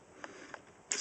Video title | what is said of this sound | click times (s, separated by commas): TRANSFORMERS ROTF DEFENDER OPTIMUS PRIME NEST VOYAGER CLASS TOY REVIEW | make sure you bring the legs up ace they snap right into place | 0.9 s